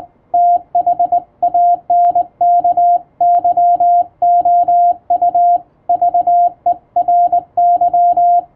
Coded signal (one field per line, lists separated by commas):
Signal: Morse code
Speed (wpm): 20 wpm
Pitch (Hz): 700 Hz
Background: none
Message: THANK YOU VERY